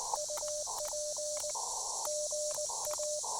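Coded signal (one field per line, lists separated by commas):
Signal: Morse code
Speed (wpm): 18 wpm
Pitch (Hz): 590 Hz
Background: radio noise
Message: UP GA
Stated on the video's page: Morse heard during a POTA park activation.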